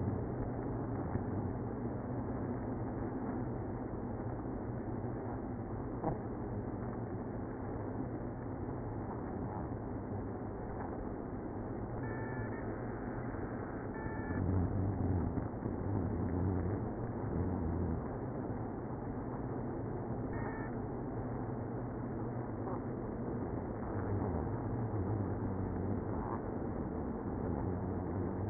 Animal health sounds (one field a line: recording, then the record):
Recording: honeybee colony, microphone inside the hive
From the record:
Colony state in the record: queenless (queen removed)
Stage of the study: after two queens were removed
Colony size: about 60,000 bees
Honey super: yes